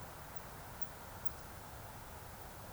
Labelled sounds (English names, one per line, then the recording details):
Eurasian Woodcock whistle
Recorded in Baden-Württemberg, Germany, on 26 June 2021 at 20:04 UTC
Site 45499, 200 m above sea level